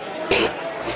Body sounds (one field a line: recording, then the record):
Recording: coughing mixed with background sound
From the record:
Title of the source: 61 morning phlegmy cough...again